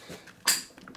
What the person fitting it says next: hear that click and now the chair goes back